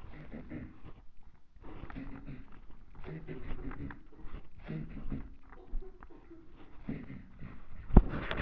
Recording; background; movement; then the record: throat clearing; a bystander coughing; walking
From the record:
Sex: male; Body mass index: 23.7 kg/m2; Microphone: on the chest, facing the body